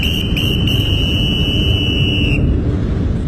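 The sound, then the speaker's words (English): A steady, high-pitched electronic buzzer tone sounds continuously for a couple of seconds over a loud low rumble, then cuts off while the rumbling carries on, like a train door warning before departure. “This train is about to depart. Mind the doors, please! Mind the doors!”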